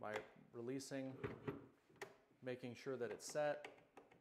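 A pocket hole drill bit is being pushed back into the spring collet of an electric pocket hole machine, and the collet is released. Someone talks throughout, with a faint short tap near the end. The clip ends before the bit locks home, so nothing has seated yet.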